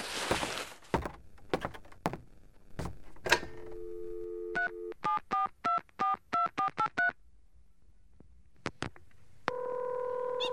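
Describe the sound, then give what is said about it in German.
Handling clicks and thumps lead into a steady tone, then a quick run of about eleven short, evenly spaced touch-tone beeps as a number is dialed to call a taxi, followed by a few clicks and a continuous dial-like tone. “Dürfte ich uns von Ihrem Telefon aus noch ein Taxi rufen? Na gut, mein Telefon ist hier.”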